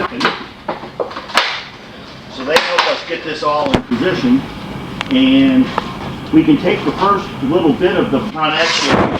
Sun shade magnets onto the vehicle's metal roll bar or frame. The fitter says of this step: position it you'll hear them clicking so they help us get